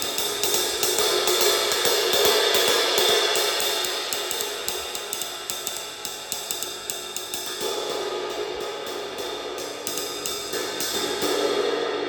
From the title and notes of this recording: Cymbal & Gong 20” Midnight Lamp crash ride. These are thin, light cymbals with a hammered but unlathed Turk style top and a fully pin lathed shiny underside. Handmade in Turkey.